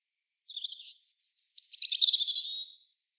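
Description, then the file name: European robin song: a soft wavering warble, then a thin high whistle dropping into a fast rattling trill that fades away; no other sounds. "Erithacus rubecula"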